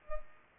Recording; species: mosquito wingbeat signal from an infrared sensor; Culex pipiens